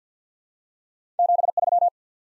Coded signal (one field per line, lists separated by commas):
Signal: Morse code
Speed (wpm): 50 wpm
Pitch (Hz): 700 Hz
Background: none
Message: 73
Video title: Top 20 QSO Elements 50wpm